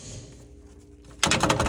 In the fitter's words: it's locked in and then to put the drawer back in